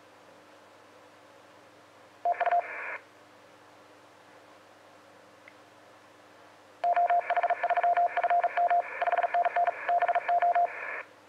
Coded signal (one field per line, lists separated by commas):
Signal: Morse code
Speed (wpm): 38 wpm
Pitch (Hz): 700 Hz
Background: radio noise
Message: TU OH3FM 5NN BO